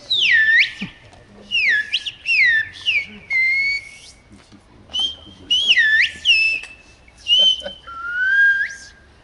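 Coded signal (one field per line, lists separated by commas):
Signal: whistled language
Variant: Aas whistled French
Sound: loud gliding whistled phrases rising and falling between mid and high pitch, separated by short pauses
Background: faint outdoor background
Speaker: pour que les gens se fasse l'oreille soyez les bienvenus au village d'as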